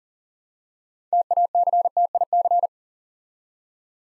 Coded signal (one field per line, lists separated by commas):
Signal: Morse code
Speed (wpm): 38 wpm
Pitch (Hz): 700 Hz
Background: none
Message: TACTIC